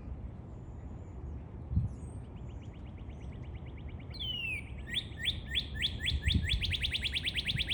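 Bird chirping in a fast series of short notes, starting soft and then turning louder into rapid, repeated chirps over a steady background hiss.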